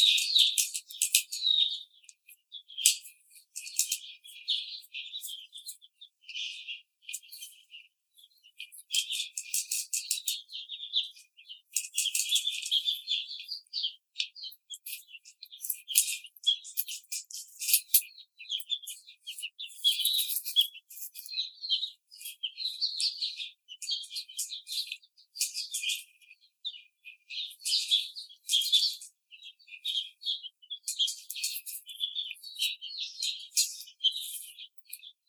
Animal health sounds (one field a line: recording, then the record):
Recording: young laying hens in a cage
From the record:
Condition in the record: treatment cage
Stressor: simulated dog barking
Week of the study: 5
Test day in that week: 1